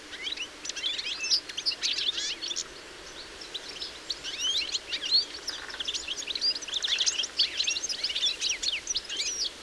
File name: Carduelis carduelis